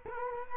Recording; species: mosquito wingbeat signal from an infrared sensor; Culex quinquefasciatus